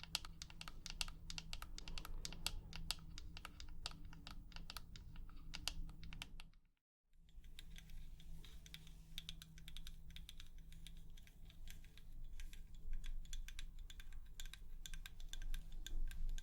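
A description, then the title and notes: Quick, steady tapping of long nails fills the recording, a dense run of sharp, bright clicks with a low hum underneath. Near the seven-second mark everything cuts to silence for about half a second, then the rapid tapping resumes. ASMR 100% Tapping For SleepRelaxation (Long Nails).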